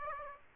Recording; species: mosquito wingbeat signal from an infrared sensor; Aedes aegypti